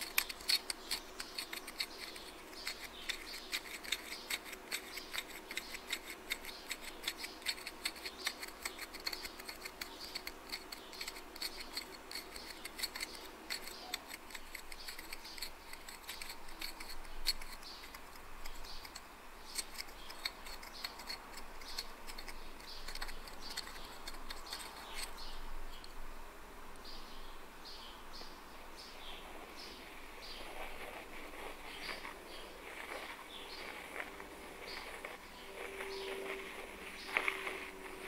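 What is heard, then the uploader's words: Dry scratching and tapping fill the whole recording, a dense run of small clicks and scrapes with little pause. Around the middle the texture shifts, with fewer sharp taps and a softer, rustling scrape, then brighter scratches return near the end over a faint low hum. ASMR Scratching & Tapping!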